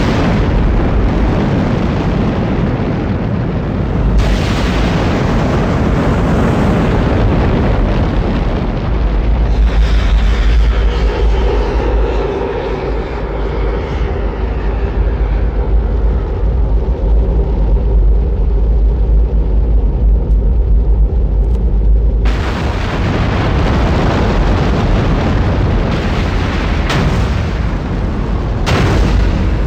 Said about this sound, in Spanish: Todo esto ruido es el lanzamiento del Apolo 11, ¿eh? Y todas estas explosiones son explosiones de materiales que caen. Y bueno, estas están cayendo al suelo, ¿eh?